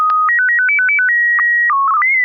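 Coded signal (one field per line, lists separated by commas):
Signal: SSTV (slow-scan television)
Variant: PD 120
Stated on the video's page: SSTV net on a 441.300 MHz FM repeater, images sent with MMSSTV.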